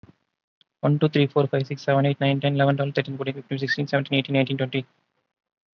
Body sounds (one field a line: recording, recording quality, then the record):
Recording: counting at a fast pace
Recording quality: excellent, no background noise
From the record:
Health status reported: COVID-19 positive, mild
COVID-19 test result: positive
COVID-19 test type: RT-PCR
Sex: male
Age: 33 years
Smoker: no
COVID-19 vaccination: one dose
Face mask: not worn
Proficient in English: yes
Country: India